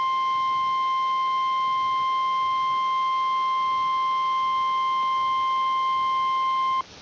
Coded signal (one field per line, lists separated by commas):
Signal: Emergency Alert System (SAME) tones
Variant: 1050 Hz attention tone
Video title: EAS Scenario: East Coast Tsunami of 2022